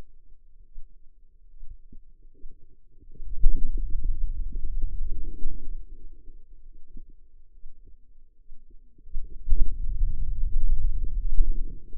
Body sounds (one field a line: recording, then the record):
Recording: forearm muscle sounds (acoustic myography)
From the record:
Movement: pen grasping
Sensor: system 2, bracelet of six BSWA MPA416 microphones around the upper forearm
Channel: 6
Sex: female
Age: 25 years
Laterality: right